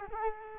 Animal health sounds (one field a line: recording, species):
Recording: mosquito wingbeat signal from an infrared sensor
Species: Culex quinquefasciatus